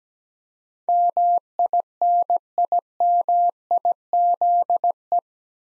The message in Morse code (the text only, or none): MINIMIZE